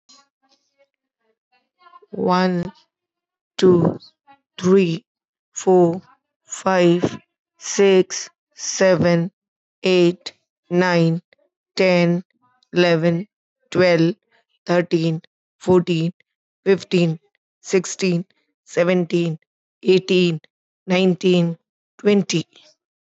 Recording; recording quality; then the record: counting at a normal pace; excellent, no background noise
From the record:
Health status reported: healthy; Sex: female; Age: 55 years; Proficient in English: yes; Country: India